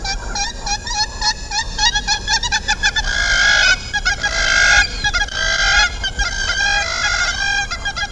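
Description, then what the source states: Hamerkop calling: fast bursts of nasal, harmonic yelping notes, broken by a couple of longer drawn-out notes midway, then more rapid yelps. Widespread in Africa south of the Sahara and in the Arabian region; seen on the Congo River near Kinshasa.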